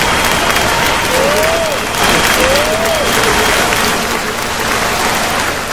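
Loud, steady audience applause fills the whole stretch, a dense wash of clapping, with two short swooping whistle-like cheers and faint voices mixed in.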